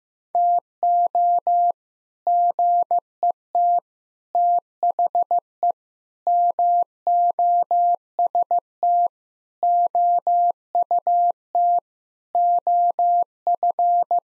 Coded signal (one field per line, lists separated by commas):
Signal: Morse code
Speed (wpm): 15 wpm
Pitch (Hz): 700 Hz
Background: none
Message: TO GET THE MOST OUT OF